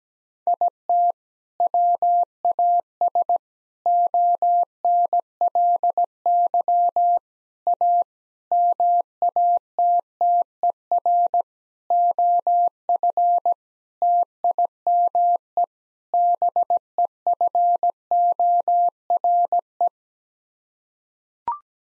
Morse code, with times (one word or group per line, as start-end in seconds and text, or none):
0.5-1.1 IT
1.6-3.4 WAS
3.9-7.2 ONLY
7.7-8.0 A
8.5-11.4 MATTER
11.9-13.5 OF
14.0-15.6 TIME
16.1-19.9 BEFORE